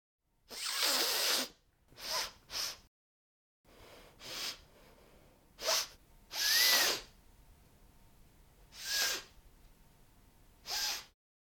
Sneezing.